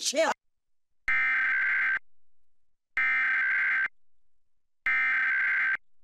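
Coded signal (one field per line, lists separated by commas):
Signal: Emergency Alert System (SAME) tones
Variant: header bursts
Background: speech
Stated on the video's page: National EAS test aired on a TV station, recorded on satellite TV.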